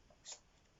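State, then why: Not seated. A battery pack is being handled at a camcorder's battery slot. A brief, soft broadband rustle peaks around 0.3 seconds against a faint background. Nothing has seated or clicked yet.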